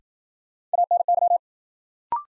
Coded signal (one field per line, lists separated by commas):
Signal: Morse code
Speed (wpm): 53 wpm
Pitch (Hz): 700 Hz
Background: none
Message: ANY